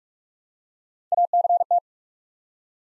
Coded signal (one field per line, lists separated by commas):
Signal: Morse code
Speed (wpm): 44 wpm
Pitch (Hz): 700 Hz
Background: none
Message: ACT